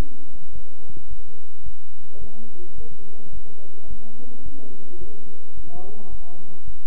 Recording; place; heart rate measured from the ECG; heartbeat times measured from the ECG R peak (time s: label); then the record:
heart sounds by stethoscope; between the tricuspid and mitral areas; 108 bpm
0.53 s: heartbeat
1.08 s: heartbeat
1.64 s: heartbeat
2.19 s: heartbeat
2.76 s: heartbeat
3.32 s: heartbeat
3.88 s: heartbeat
4.43 s: heartbeat
4.99 s: heartbeat
5.55 s: heartbeat
6.10 s: heartbeat
6.65 s: heartbeat
From the record:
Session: bicycle stress test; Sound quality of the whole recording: good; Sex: male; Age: 23 years